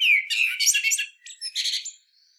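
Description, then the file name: Common blackbird song fragment: a descending fluted note followed by a rapid run of high, scratchy twittering notes. "Turdus merula"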